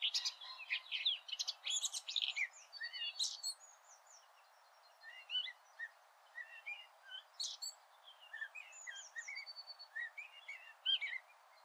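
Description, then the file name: Eurasian blackcap with a loud, busy warble at first, fading into softer scattered chirps and short whistled notes. "Sylvia atricapilla"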